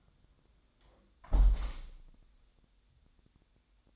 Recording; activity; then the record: daily activity, microphone in the room; close window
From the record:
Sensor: 3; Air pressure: 1000.4 hPa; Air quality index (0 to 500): 132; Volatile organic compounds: 2 ppm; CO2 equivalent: 1152 ppm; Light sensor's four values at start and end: 14/36/14/16 and 13/35/14/15